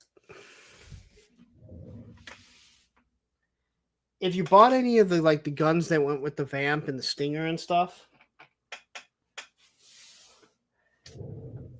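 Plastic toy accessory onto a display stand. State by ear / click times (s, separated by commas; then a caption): seated / 8.7 s, 9.4 s. A plastic toy vehicle accessory is fitted onto a plastic display stand piece while someone talks. Two sharp plastic clicks at 8.7 s and 9.4 s mark the accessory popping into place on the stand.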